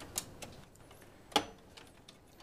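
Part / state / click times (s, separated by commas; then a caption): graphics card into motherboard PCIe slot / seated / 1.4 s. An EVGA GT 240 graphics card is slid into the motherboard's PCIe x16 slot after a cable is moved out of the way, and pressed down until the slot's retention latch clicks. A faint tick comes at 0.2 s, then a sharp, bright click at 1.4 s, followed by quiet, light ticks. The card is confirmed seated in place.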